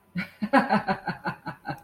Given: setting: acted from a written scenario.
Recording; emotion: vocal sound without words; amusement